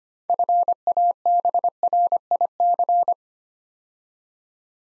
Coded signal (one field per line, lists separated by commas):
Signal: Morse code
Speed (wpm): 25 wpm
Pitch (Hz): 700 Hz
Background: none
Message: FABRIC